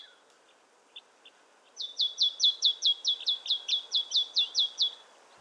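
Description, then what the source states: Marsh Tit song: a few soft isolated notes, then a quick, even series of about a dozen high, sharp repeated notes lasting around three seconds. Surprising little song; morning, February 2020, 1500 m on Montagne du Puy, Drôme, France, mixed conifer and oak forest; Nagra Seven with Telinga Pro7 stereo.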